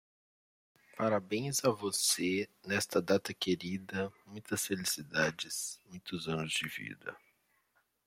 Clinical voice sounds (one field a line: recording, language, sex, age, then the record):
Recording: short text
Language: Brazilian Portuguese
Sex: male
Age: 30 to 39 years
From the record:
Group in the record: control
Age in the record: 31 years